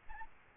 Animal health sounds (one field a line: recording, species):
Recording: mosquito wingbeat signal from an infrared sensor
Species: Aedes albopictus